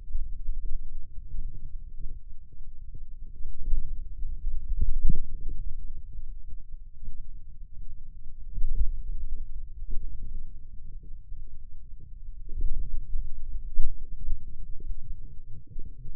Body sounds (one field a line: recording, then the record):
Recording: forearm muscle sounds (acoustic myography)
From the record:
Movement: hand closing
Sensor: system 2, bracelet of six BSWA MPA416 microphones around the upper forearm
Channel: 2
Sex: male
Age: 22 years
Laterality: right